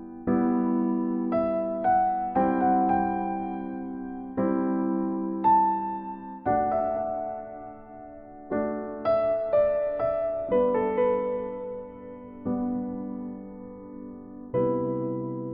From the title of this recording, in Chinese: 轻松的钢琴音乐，盛夏初雨声